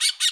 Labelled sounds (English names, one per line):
Brown-throated Parakeet contact call